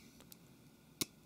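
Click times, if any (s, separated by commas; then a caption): 1.0 s. During reassembly of a Galaxy Note 3, one end of a small metal retaining clip is placed first, then the clip is pushed down over the connector on the phone board. Two faint ticks are heard at 0.2 and 0.3 seconds, then one loud, short click at 1.0 seconds. The clip seats into place.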